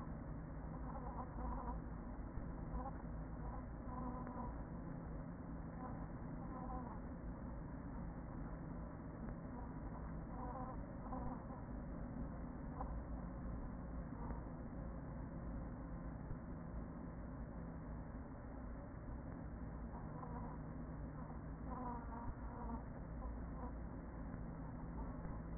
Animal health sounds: honeybee colony, microphone inside the hive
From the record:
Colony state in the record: queen present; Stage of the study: after two queens were removed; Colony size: about 40,000 bees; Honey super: no

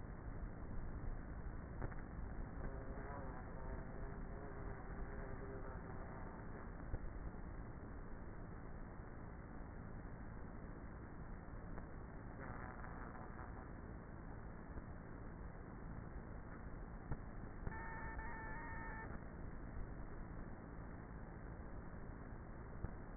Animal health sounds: honeybee colony, microphone inside the hive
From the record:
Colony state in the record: queenless with a low population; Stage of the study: before two queens were removed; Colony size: about 30,000 bees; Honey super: no

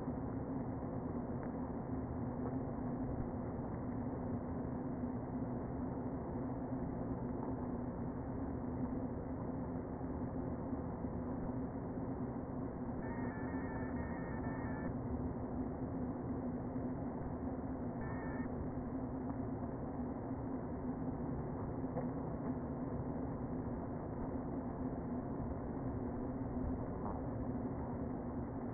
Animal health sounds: honeybee colony, microphone inside the hive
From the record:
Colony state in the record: queen present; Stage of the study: before two queens were removed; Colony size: about 60,000 bees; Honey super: yes

